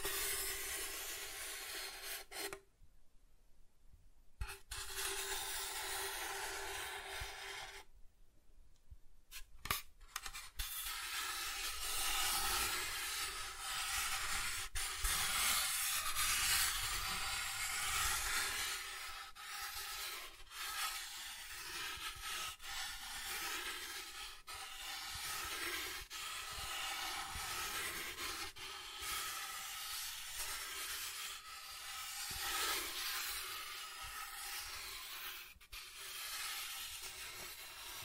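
Soft tracing across surfaces makes a steady, bright hissing rub, broken by two short silences early on and faint clicks throughout.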